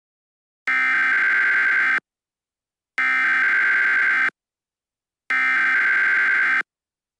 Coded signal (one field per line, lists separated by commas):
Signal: Emergency Alert System (SAME) tones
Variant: header bursts